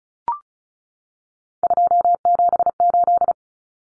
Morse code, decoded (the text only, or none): 278